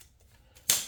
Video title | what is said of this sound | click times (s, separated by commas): C5 Corvette LS6 Rebuild - Pt 7 - Wiring Delete Chaos! | pop it loose | 0.7 s